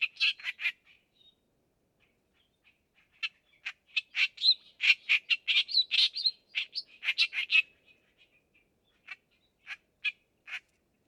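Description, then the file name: Clamorous reed warbler song: harsh, chattering notes in fast bursts, a dense run in the middle, then scattered single notes near the end. "stentorrohrsaenger"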